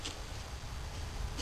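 The plastic wiring harness connector is pushed back onto the base of a newly installed Honda Accord headlight bulb, and a short sharp click at 0.1 s confirms it has seated. A faint steady background hiss fills the rest of the clip.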